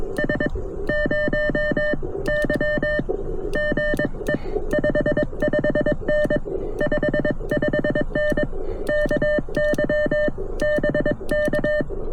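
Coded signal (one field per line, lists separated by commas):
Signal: Morse code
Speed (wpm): 22 wpm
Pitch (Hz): 600 Hz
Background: music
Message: S 0 Y GE 55N 55N KY BK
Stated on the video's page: POTA park activation, QRP CW from a car with CFT1 QRP transceiver, Palm Pico Paddle, 17-foot whip antenna; includes a QRP-to-QRP contact.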